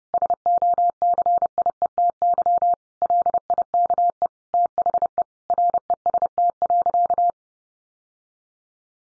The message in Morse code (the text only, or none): SOCIETY LIKE THE REST.